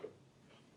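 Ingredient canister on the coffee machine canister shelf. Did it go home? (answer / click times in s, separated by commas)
no / none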